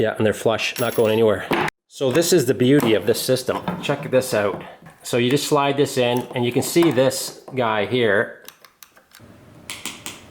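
Someone talks for most of the clip while a KORE Essentials EDC gun belt end with its ratchet track is slid into the buckle. Near the end, sharp ratchet clicks sound at 9.7, 9.9 and 10.1 seconds as the click stops engage and the belt seats in the buckle.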